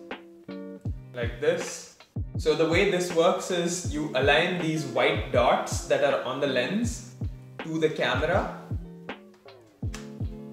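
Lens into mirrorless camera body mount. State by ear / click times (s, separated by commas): seated / 9.9 s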